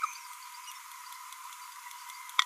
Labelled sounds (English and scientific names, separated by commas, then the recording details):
Green-rumped Parrotlet (Forpus passerinus) babbling
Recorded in a nest box in Venezuela
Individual 18B25A3